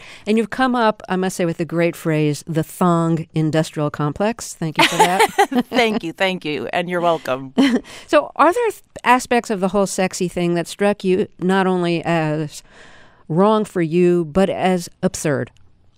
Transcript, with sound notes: And you've come up, I must say, with a great phrase - the thong industrial complex. Thank you for that.
(Laughter) Thank you. Thank you. And you're welcome.
So are there aspects of the whole sexy thing that struck you not only as wrong for you but as absurd?